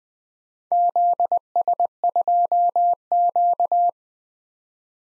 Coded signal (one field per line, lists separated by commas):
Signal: Morse code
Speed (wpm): 20 wpm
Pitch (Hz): 700 Hz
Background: none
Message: ZS2Q